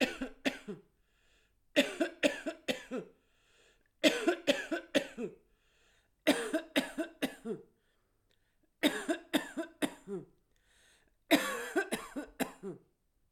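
Six bouts of harsh, dry-sounding coughing from an adult come every two to three seconds, each bout a quick run of three or four explosive bursts. Quiet pauses separate the bouts. It is a repeated paroxysmal cough.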